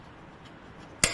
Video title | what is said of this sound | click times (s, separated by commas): Powder coating Part 3 the rebuild | and they'll snap right into place now be careful that you don't separate these or break these because if you do you're | 1.0 s